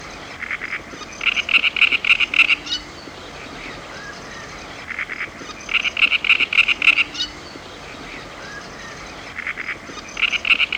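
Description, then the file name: Great reed warbler singing loud, frog-like grating phrases of quick repeated notes, three bursts with softer chuckling between them and steady background noise. "Grote karekiet - Sound Cloud - Beeld en Geluid"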